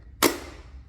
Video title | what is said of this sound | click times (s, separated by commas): First Impressions, Testing, & Reviewing The ROPVACNIC Robot Vacuum Cleaner | just like that until it clicks | 0.2 s